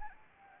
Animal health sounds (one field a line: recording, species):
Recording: mosquito wingbeat signal from an infrared sensor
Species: Anopheles arabiensis